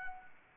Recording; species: mosquito wingbeat signal from an infrared sensor; Anopheles arabiensis